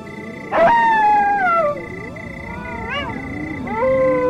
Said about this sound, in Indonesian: Terdengar lolongan anjing hutan dan serigala bersahut-sahutan.